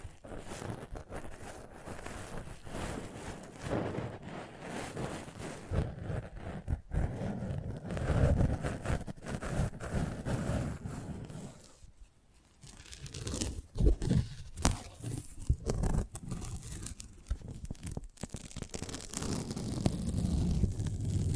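ASMR sounds of handling and rubbing a microphone, with dense crinkling, scraping and tearing textures that swell and fade unevenly. A brief near-silent gap falls around 12 seconds, followed by sharp crunchy taps near 14 and 18 seconds before the rustling resumes.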